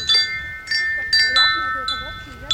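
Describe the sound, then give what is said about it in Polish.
A small electronic bell chime from a To2Point audio guide device, switched on via Bluetooth at a point on the Zobaczyć Solinę tourist trail, rings out several times in quick succession, bright, high and sustained, each strike blending into a lingering ringing tone, with faint murmuring underneath. “Ma taki charakterystyczny dźwięk, dzwoneczek i potem pani lektor mówi.”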